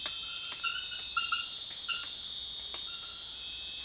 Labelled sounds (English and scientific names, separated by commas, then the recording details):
none
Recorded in secondary vegetation near Puerto Asís, Putumayo, Colombia, on 30 June 2025 at 22:30
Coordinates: 0.498, -76.327
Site GP09